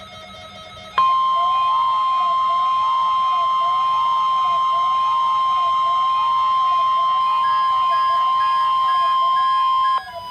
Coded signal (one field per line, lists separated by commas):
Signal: Emergency Alert System (SAME) tones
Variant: 1050 Hz attention tone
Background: music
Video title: Emergency Alert System (EAS) Required Weekly Test NOAA Weather Radio KEC65 Midland WR100 Version 3